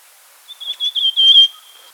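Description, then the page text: Rufous Sibia giving one sustained high whistled phrase, wavering and warbled, growing louder toward its middle before trailing off. "Rufous Sibia Calls and Song. Quick Sounds"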